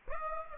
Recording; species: mosquito wingbeat signal from an infrared sensor; Aedes aegypti